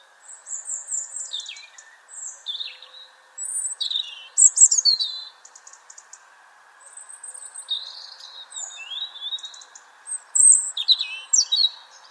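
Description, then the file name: European robin singing a run of high, thin warbling phrases, with sliding whistles and short trills broken by brief pauses, over a steady low hiss. "Erithacus rubecula"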